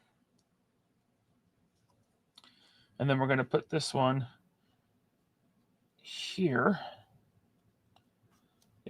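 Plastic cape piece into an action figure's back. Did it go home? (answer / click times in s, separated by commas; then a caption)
yes / 8.9 s. A plastic cape accessory is plugged into the back of a plastic action figure while someone talks, with faint handling ticks in the quiet stretches. The cape snaps into place with a short click at 8.9 s.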